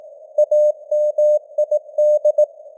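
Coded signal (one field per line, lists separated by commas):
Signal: Morse code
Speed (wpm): 18 wpm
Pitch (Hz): 600 Hz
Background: none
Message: AMID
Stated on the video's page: Morse code news headlines at 18 wpm with simulated radio noise and varying signal strength (QSB).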